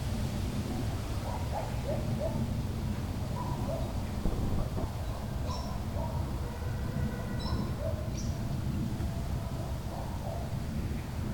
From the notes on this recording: Tree farm leaves.